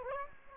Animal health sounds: mosquito wingbeat signal from an infrared sensor; Aedes aegypti

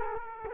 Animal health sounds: mosquito wingbeat signal from an infrared sensor; Culex quinquefasciatus

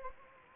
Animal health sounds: mosquito wingbeat signal from an infrared sensor; Anopheles gambiae

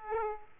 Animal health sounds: mosquito wingbeat signal from an infrared sensor; Aedes aegypti

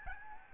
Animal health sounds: mosquito wingbeat signal from an infrared sensor; Aedes albopictus

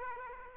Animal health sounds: mosquito wingbeat signal from an infrared sensor; Aedes aegypti

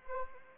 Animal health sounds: mosquito wingbeat signal from an infrared sensor; Anopheles arabiensis

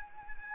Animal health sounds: mosquito wingbeat signal from an infrared sensor; Anopheles arabiensis

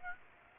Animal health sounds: mosquito wingbeat signal from an infrared sensor; Aedes aegypti

